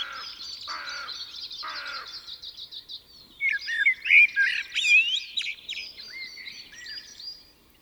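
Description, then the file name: Common blackbird sings a loud flowing warble after a few seconds of quieter rapid high trills and short notes. "Turdus merula"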